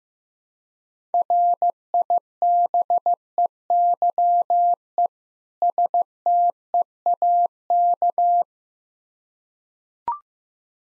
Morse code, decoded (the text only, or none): RIBEYE STEAK